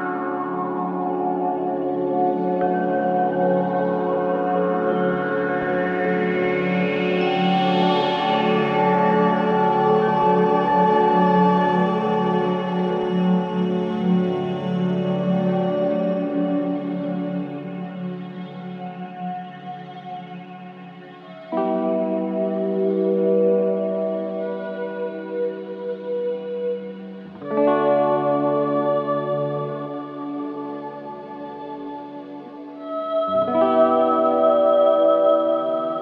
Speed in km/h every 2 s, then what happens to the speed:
55, 55, 53, 51, 48, 44, 39, 36, 33, 32, 32, 35, 38, 43, 48, 52, 57, 58.
0-15 slows to 33. 15-20 steady at about 32. 20-32 speeds up to 57.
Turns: none.